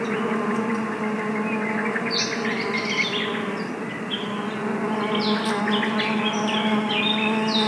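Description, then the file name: Bees keep up a steady low buzz, joined by short bursts of high chirping birds at intervals. Bees in a forest. "bees at the forest"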